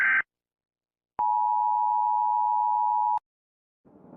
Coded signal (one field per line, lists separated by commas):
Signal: Emergency Alert System (SAME) tones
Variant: 853 and 960 Hz attention tone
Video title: Eas scenario 1: 2025 asteroid disaster (Eas재난 1: 2025 소행성재난)